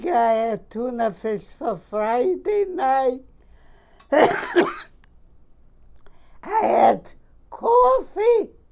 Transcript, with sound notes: I had tuna fish for Friday night. (she coughs) I had coffee